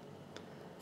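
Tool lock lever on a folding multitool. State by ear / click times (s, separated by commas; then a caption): released / 0.4 s. The lock lever on a Gerber MP400 Compact Sport folding metal multitool is pulled back so the locked tool can unlock and fold. A single short, sharp click is heard at 0.4 s over a quiet background, and the lever releases.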